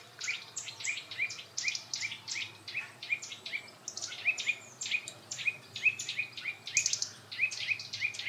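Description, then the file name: Eurasian nuthatch calls: a fast, steady run of sharp, high notes, each dropping steeply from a bright top, repeated rapidly with hardly a pause. "Sitta europaea"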